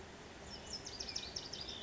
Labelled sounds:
Lazuli Bunting
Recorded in Sonoma County, California

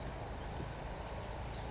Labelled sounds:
California Towhee
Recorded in Sonoma County, California

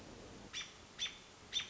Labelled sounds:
American Robin
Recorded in Sonoma County, California

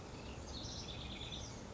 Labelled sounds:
House Wren
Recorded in Sonoma County, California

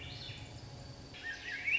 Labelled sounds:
Swainson's Thrush
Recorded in Sonoma County, California

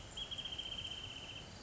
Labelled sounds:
Wrentit
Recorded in Sonoma County, California

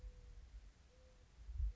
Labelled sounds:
Mourning Dove
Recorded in Sonoma County, California

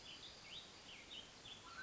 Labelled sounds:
Mountain Quail
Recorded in Sonoma County, California

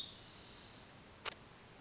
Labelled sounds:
Spotted Towhee
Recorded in Sonoma County, California

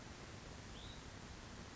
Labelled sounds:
Hutton's Vireo
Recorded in Sonoma County, California

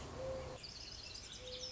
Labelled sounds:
Mourning Dove
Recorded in Sonoma County, California

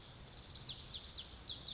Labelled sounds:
Lazuli Bunting
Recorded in Sonoma County, California

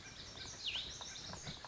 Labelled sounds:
Lazuli Bunting
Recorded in Sonoma County, California

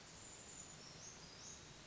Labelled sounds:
Brown Creeper
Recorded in Sonoma County, California

